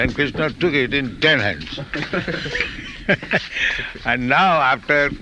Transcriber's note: laughs